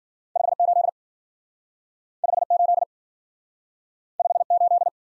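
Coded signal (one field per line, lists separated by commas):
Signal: Morse code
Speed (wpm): 53 wpm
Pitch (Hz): 700 Hz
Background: none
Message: 5 8 5 8 5 8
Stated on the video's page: Speed-Racing practice of two-character letter-number combinations, starting at 40 wpm and slowing to a base speed, with a final repeat at maximum speed.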